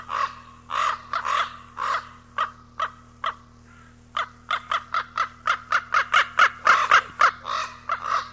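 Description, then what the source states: Common raven: harsh corvid croaks, a few drawn-out rasping notes followed after a short pause by a fast string of clipped calls, steady low hum behind. Recorded 18 April 1994.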